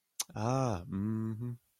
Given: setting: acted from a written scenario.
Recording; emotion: vocal sound without words; realization